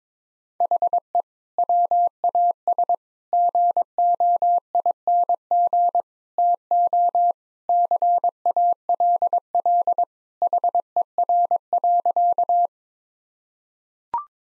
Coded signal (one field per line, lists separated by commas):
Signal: Morse code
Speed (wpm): 21 wpm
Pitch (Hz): 700 Hz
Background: none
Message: HE WAS GOING TO CALL HER.